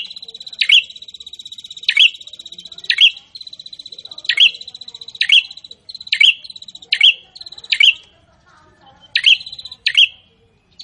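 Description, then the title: Prinia song: loud, sharp chirps roughly once a second laid over an unbroken buzzy ticking trill, with one short gap near the end. Gacor (vigorous, constant) singing, meant to make a listener's own prinia more aggressive and more vocal. "Prenjak gacor. bikin prenjak ANDA semakin GANAS dan GACOR"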